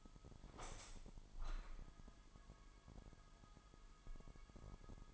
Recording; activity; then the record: daily activity, microphone in the room; open window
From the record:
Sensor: 5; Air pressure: 998.1 hPa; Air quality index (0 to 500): 95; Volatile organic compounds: 2 ppm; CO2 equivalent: 1084 ppm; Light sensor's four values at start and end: 23/56/23/26 and 23/56/23/26